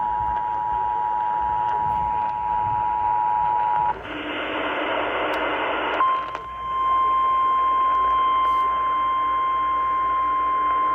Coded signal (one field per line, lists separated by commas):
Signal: Emergency Alert System (SAME) tones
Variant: 853 and 960 Hz attention tone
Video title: Multiple days of a alerts EAS# 190-223 8/5/20-8/8/20